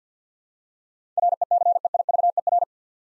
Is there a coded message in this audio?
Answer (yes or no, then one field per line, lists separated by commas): yes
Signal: Morse code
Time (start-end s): 1.2-2.6 s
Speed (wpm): 53 wpm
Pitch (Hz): 700 Hz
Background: none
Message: RECEIVER